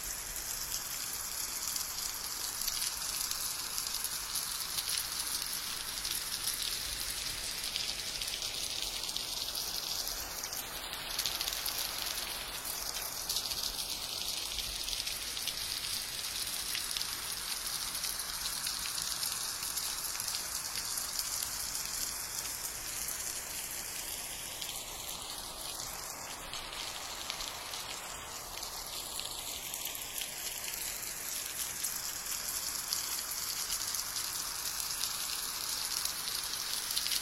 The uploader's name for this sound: subtle rain and thunder atmosphere